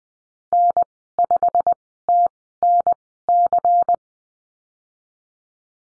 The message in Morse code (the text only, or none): N5TNC